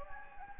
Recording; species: mosquito wingbeat signal from an infrared sensor; Anopheles gambiae